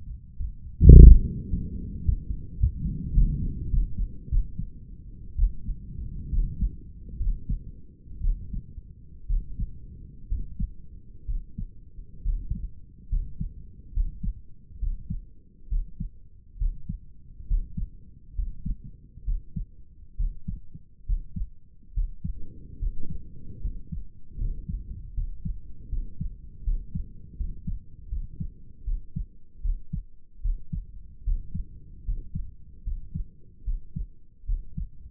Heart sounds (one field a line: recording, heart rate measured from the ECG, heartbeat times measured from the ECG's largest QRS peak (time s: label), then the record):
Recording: heart sounds by stethoscope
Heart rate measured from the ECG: 74 bpm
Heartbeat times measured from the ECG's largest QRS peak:
0.35 s: heartbeat
0.91 s: heartbeat
1.48 s: heartbeat
2.03 s: heartbeat
2.59 s: heartbeat
3.14 s: heartbeat
3.70 s: heartbeat
4.30 s: heartbeat
5.37 s: heartbeat
6.30 s: heartbeat
7.18 s: heartbeat
8.21 s: heartbeat
9.27 s: heartbeat
10.29 s: heartbeat
11.26 s: heartbeat
12.23 s: heartbeat
13.09 s: heartbeat
13.93 s: heartbeat
14.79 s: heartbeat
15.69 s: heartbeat
16.58 s: heartbeat
17.47 s: heartbeat
18.35 s: heartbeat
19.25 s: heartbeat
20.17 s: heartbeat
21.06 s: heartbeat
21.94 s: heartbeat
22.79 s: heartbeat
23.61 s: heartbeat
24.38 s: heartbeat
25.14 s: heartbeat
25.89 s: heartbeat
26.64 s: heartbeat
27.37 s: heartbeat
28.09 s: heartbeat
28.85 s: heartbeat
29.62 s: heartbeat
30.42 s: heartbeat
31.24 s: heartbeat
32.05 s: heartbeat
32.84 s: heartbeat
33.64 s: heartbeat
34.46 s: heartbeat
From the record:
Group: healthy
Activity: Valsalva maneuver 0-3 s, rest 3-35 s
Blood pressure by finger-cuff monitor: 116/70 mmHg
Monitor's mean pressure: 79 mmHg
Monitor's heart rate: 73 bpm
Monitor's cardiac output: 6.5 L/min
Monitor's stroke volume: 87 mL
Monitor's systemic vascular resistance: 880 dyn s/cm5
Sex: male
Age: 35 years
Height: 180 cm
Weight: 86.9 kg